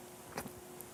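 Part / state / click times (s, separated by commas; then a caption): crimped contact going into Powerpole connector housing / not seated / none. A crimped metal contact is being pushed into a plastic Powerpole connector housing, where the insertion is tough. There is a brief scraping knock at 0.4 seconds and a tiny tick at 0.8 seconds over a steady low hum. Nothing has seated or clicked yet.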